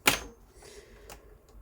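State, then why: Released. The plastic casing halves of a PS4 Pro game console (model CUH-7216B) are pulled with a thumb and pushed apart during a full cleaning. There is a loud, sharp snap at 0.1 s, followed by two fainter ticks near 1.1 s and 1.5 s. The two casing parts come unclipped.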